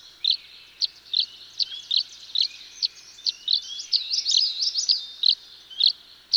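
Tree swallow calls: regular high chirps interrupted by a short flurry of liquid, warbling twitters before the spaced chirps resume.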